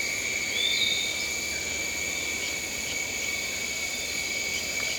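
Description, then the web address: Crickets keeping up a continuous high, shimmering trill, with a short whistled bird note near the start. "Tom's Jerry Apps Winter. crickets, birds"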